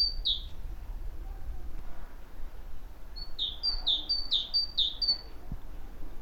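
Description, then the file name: Great tit song: one brief phrase at the start, then a run of several repeated high-then-lower two-note phrases, with a low background hum. "Parus major"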